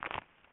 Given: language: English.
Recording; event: throat vibration sensor signal played as sound; swallow